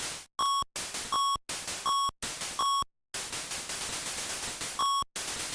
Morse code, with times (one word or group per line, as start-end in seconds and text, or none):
none